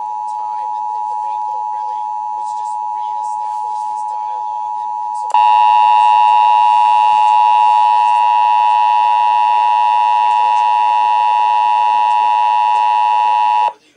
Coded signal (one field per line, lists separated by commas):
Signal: Emergency Alert System (SAME) tones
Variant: 853 and 960 Hz attention tone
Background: speech